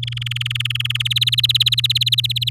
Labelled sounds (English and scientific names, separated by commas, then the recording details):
Domestic Canary (Serinus canaria) song
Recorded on 6 May 2018 at 16:25
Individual llb16